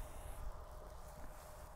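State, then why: Not seated. A flight battery is carried and lowered into the battery compartment of a DJI Agras T40 spray drone, giving a steady low rumble and soft broadband handling noise with no sharp transients. Nothing has been pushed down or clicked home yet.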